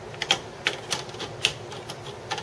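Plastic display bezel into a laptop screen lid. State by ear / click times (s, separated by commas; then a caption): seated / 0.2 s, 0.3 s, 0.7 s, 0.9 s, 1.5 s, 1.9 s. The plastic display bezel of a Dell XPS 17 (L702x) laptop is pressed back onto the laptop screen lid by hand. A series of sharp, short plastic clicks is heard at 0.2, 0.3, 0.7, 0.9, 1.5 and 1.9 seconds as its clips snap in over a quiet background. The bezel snaps back into place and is seated.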